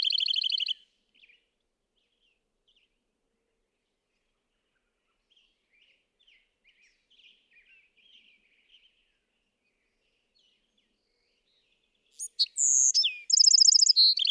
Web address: songs Bewick's Wren